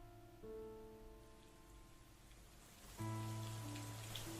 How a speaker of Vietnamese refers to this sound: Trời bắt đầu đổ mưa to. Mấy đụn muối bị bỏ quên một góc, gặp phải nước mưa, cứ thế mà tan ra.